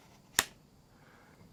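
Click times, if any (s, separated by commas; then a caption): 0.4 s. The buckle tongue of a thin but wide duty-style EDC belt, built to support EDC gear such as a concealed-carry gun, is pushed into its buckle receiver and snaps shut with one sharp, bright snap at 0.4 s over a quiet background. The buckle is seated with a positive snap and holds firmly, not going anywhere.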